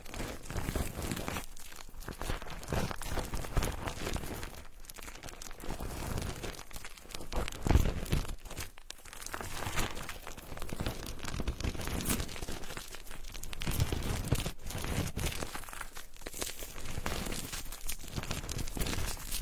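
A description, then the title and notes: Foam rubs and scrapes against wood in dense, crinkly bursts with brief pauses, a sharper thump near eight seconds, and steady scratchy texture throughout. The intimate friction between foam and wood.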